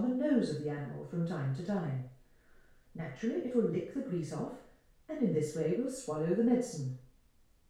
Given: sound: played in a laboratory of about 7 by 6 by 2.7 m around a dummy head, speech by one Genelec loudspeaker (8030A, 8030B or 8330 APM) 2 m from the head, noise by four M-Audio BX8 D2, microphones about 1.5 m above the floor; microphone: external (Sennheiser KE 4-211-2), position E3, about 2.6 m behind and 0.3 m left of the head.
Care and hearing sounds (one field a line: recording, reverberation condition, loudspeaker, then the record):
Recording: female speech in English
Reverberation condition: medium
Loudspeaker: 120 degrees to the left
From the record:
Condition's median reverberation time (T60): about 510 ms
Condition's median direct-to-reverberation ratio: about -0.5 dB